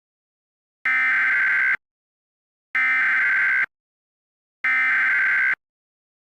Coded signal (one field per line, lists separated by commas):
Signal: Emergency Alert System (SAME) tones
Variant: header bursts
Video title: EAS Scenario - Windows Vista